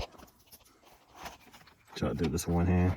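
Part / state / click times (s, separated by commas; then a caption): plastic push grommet into cowl trim hole / not seated / none. Someone lines up the hole in the top extension cowl trim of a 2009–2014 Nissan Maxima and positions a plastic push grommet before pushing it in. Faint handling noise is heard with a small tap near 1.7 s, then someone talks from about 2.0 s. The grommet has not seated or clicked yet.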